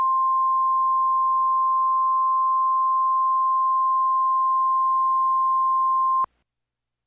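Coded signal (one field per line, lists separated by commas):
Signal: Emergency Alert System (SAME) tones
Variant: 853 and 960 Hz attention tone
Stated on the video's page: Self-made recreation of a local area emergency alert for Kanawha, West Virginia, made after the real alert was missed.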